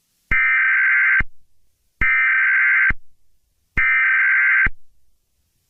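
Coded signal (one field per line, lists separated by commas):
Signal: Emergency Alert System (SAME) tones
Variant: header bursts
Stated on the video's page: Fictional EAS scenario, not a real alert.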